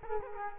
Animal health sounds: mosquito wingbeat signal from an infrared sensor; Culex quinquefasciatus

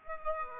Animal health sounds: mosquito wingbeat signal from an infrared sensor; Aedes aegypti

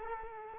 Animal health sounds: mosquito wingbeat signal from an infrared sensor; Culex quinquefasciatus

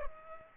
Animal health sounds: mosquito wingbeat signal from an infrared sensor; Culex pipiens

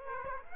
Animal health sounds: mosquito wingbeat signal from an infrared sensor; Aedes aegypti

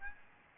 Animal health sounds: mosquito wingbeat signal from an infrared sensor; Aedes albopictus

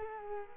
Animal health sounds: mosquito wingbeat signal from an infrared sensor; Culex quinquefasciatus

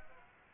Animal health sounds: mosquito wingbeat signal from an infrared sensor; Aedes aegypti

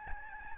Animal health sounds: mosquito wingbeat signal from an infrared sensor; Aedes albopictus

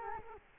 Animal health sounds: mosquito wingbeat signal from an infrared sensor; Culex quinquefasciatus

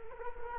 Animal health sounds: mosquito wingbeat signal from an infrared sensor; Culex quinquefasciatus

